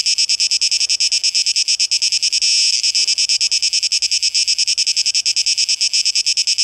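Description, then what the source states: High cicada buzzing pulses rapidly, briefly merging into a smooth unbroken drone partway through, then resumes its throbbing beat. Cicadas, plural, 12 August 2023; tape echo mix.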